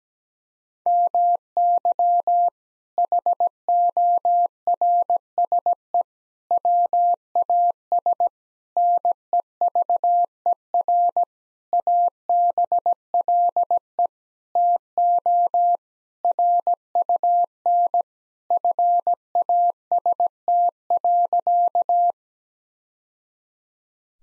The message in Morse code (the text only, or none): MY HORSE WAS NEVER ABLE TO RUN FAST.